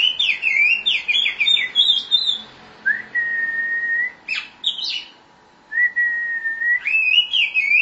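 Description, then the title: Oriental magpie-robin song mixing quick twittering runs with long level whistles, phrases alternating throughout. Chirping song (kicauan) of the bird. "Suara Kicauan Burung Kacer Durasi Panjang"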